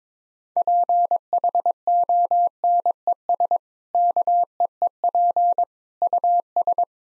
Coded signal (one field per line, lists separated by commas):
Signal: Morse code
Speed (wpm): 22 wpm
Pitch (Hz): 700 Hz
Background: none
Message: PHONES KEEP US